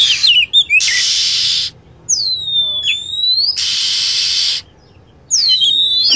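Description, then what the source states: Lovebird calls: piercing chirps, some rising and some falling, in quick clusters, broken by two long stretches of hissy noise. Lure sound for attracting birds.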